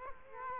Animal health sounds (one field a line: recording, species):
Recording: mosquito wingbeat signal from an infrared sensor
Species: Culex quinquefasciatus